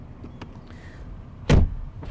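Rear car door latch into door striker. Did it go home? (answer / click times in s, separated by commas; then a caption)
yes / 1.5 s. The rear door of a 2020 BMW 228i xDrive Gran Coupe is closed from inside, and its latch catches into the door striker. A few faint taps come first, then a loud, solid, low thunk at 1.5 s as the door latches shut.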